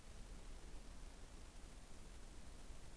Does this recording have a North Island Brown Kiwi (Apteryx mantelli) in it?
no